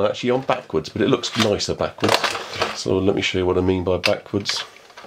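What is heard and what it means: Someone talks while a plastic sight is handled over the top rail of a toy blaster, about to be mounted backwards because it looks nicer that way. Nothing has seated or clicked onto the rail yet.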